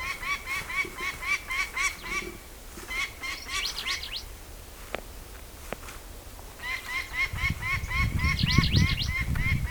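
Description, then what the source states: Peregrine falcon giving harsh, rapid repeated cackling notes in two long bursts separated by a quiet gap, with low rumbling noise toward the end. Japanese subspecies japonensis.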